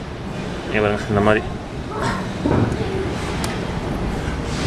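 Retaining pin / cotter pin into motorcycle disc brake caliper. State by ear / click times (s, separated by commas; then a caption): seated / 3.4 s. On a Himalayan motorcycle disc brake caliper, with the new brake pads seated in the caliper groove, the metal retaining pin and its cotter pin are fitted while someone talks. A single sharp click is heard at 3.4 s as the retaining pin locks in.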